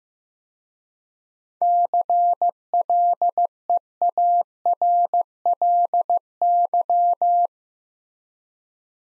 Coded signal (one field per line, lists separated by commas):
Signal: Morse code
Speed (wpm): 15 wpm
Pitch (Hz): 700 Hz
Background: none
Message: CLEARLY